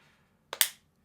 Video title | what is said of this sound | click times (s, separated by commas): Samsung Galaxy S22 Ultra Latercase Cyber Edition Review! MINIMALIST PERFECTION! | And I don't know if you heard that snap, but that snap is something that is very nice to hear when you talk about a thin case. | 0.5 s, 0.6 s